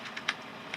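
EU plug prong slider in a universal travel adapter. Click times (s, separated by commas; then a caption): 0.2 s, 0.3 s. The EU plug prongs of an EPICKA Pulse Duo 140W universal travel adapter are pushed out with a slider and lock in the extended position. Short, sharp clicks come at 0.2 s and 0.3 s, with two fainter ticks near 0.7 and 0.8 s. The prongs click into place and stay there, seated.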